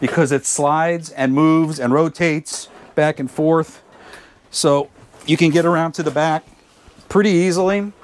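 A swivel dinette table in a small RV is being slid and rotated toward its locking mount while someone talks. The clip ends before the table locks into place, so nothing has seated or clicked yet.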